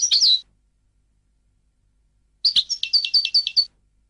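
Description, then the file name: European goldfinch song: a brief twittering burst, then after a pause a run of bright, repeated high chirping notes lasting about a second. "audio burung goldfinch"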